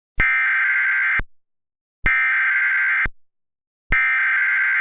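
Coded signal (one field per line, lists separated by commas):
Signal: Emergency Alert System (SAME) tones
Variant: header bursts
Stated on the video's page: Fictional EAS scenario about a nightmarenado, not a real alert.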